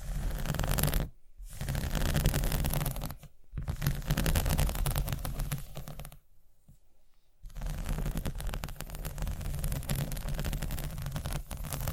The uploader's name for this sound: ASMR Scratching